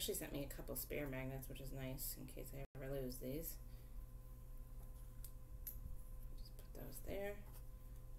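Someone talks while handling a resin doll ear with embedded magnets beside a ball-jointed doll's resin head, with a few faint handling ticks around 5.3, 5.7 and 6.6 seconds. The magnetic ear has not snapped onto the head yet; nothing has seated.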